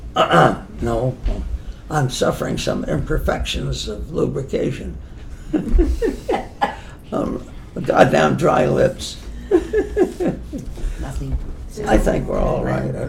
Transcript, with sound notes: No, no. I’m suffering some imperfections of lubrication. [laughs] Oh, the goddamn dry lips. I think we’re all right.